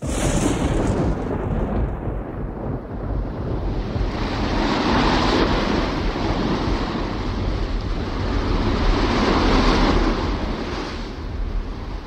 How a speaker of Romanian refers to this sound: Marea furtunoasă, valuri uriașe și pe creasta lor e o corabie pe care furtuna o aruncă încoace încolo ca pe coajă de nucă.